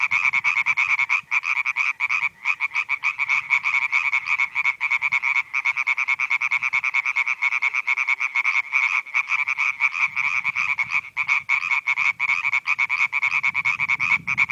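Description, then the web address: European tree frogs calling in a loud chorus, fast harsh nasal croaks repeated in quick pulses almost without pause, with brief gaps and faint low background rumble. "Viltansou Rainettes. la rainette verte"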